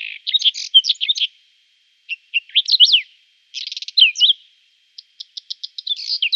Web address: Schulze Peter Whinchat song